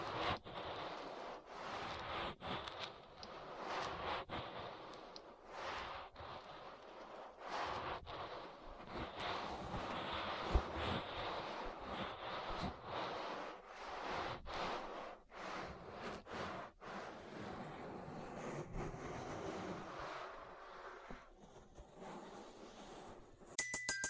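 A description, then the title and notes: An ear massage: a continuous rushing, rubbing sound that swells and eases in soft waves, broken by frequent brief gaps and strokes every second or so. The level stays fairly even throughout, with a sharper, brighter burst right at the end. ASMR Relaxing Ear Massage. (No Talking).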